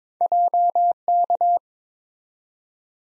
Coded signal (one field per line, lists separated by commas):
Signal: Morse code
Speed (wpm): 22 wpm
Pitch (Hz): 700 Hz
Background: none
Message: JK